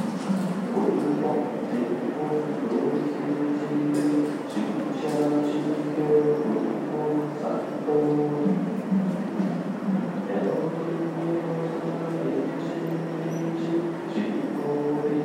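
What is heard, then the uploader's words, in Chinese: Scripture chanting at Hsing Tian Kong temple, many voices holding low, steady tones that shift pitch every second or two in a slow, even rhythm. The sound stays level throughout, with faint scattered clicks and shuffles above the singing. 行天宮誦經。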